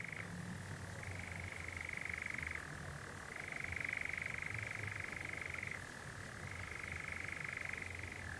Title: Sound Escape 20: the mesmerising churring of a nightjar on a summer's night